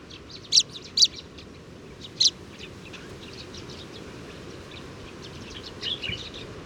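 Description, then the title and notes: Sudan golden sparrow calls: three loud, sharp chirps in the first seconds, then soft, scattered chirping. 7 March 2019, morning, Oued Enoicre, Tagant, Mauritania; oasis; always in family flocks, gathering in evening roosts; recorded with Tlp7 and Mixpre 3. "Moineau doré ou Moineau jaune - Mauritanie. 7 mars 2019-Oued Enoicre - Tagant - Mauritanie"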